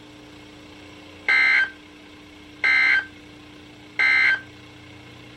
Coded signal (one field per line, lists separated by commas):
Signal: Emergency Alert System (SAME) tones